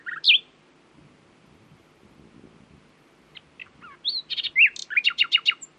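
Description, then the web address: Common nightingale song: an isolated sharp note, a quiet gap, then a build-up of clicks and whistles into rapidly repeated bright notes. "owen Common Nightingale (Luscinia megarhynchos)"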